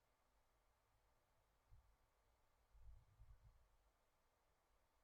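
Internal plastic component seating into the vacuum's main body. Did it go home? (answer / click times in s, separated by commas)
no / none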